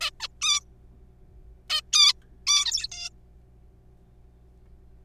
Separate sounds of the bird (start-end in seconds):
0.01-0.10, 0.20-0.28, 0.41-0.60, 1.70-1.81, 1.93-2.13, 2.47-2.87, 2.92-3.09